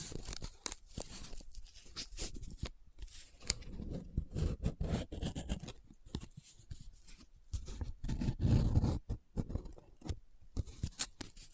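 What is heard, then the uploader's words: Paper handled very close up: crisp crinkles and sharp scratchy snaps arrive in irregular clusters, separated by brief quiet gaps. Heavier rubbing and crumpling thickens into fuller, lower rustles around four to five seconds and again near eight to nine. ASMR Close Up Paper Sounds - Folding, Scratching, Rubbing, Crinkle (No Talking).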